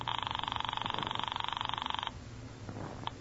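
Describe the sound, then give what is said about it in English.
A telephone rings upstairs in one steady burst of about two seconds, a rapid buzzing trill, then cuts off, leaving low background hum and a faint click near the end. “It's ringing. I can hear it upstairs.”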